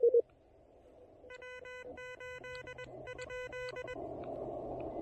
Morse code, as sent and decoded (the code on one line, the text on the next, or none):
.-- ---.. / ..--..
W8 ?